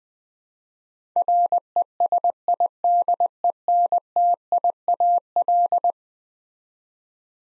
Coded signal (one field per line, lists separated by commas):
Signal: Morse code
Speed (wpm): 20 wpm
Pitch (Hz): 700 Hz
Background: none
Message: RESIDENTIAL